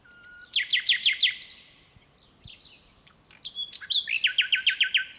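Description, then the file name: Common nightingale delivering quick series of sharp repeated notes, a pause with softer whistles, then another rapid run of repeated notes. "Luscinia megarhynchos"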